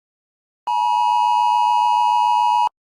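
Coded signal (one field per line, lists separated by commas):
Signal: Emergency Alert System (SAME) tones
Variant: 853 and 960 Hz attention tone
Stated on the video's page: Fictional mock EAS scenario about an earthquake, made as a joke.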